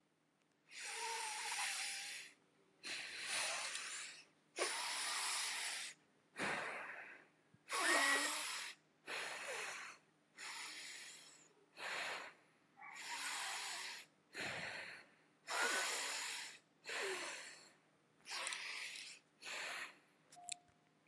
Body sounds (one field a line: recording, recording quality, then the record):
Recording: deep breathing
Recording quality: excellent, no background noise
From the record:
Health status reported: healthy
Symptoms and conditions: none ticked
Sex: female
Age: 52 years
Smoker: not ticked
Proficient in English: yes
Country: India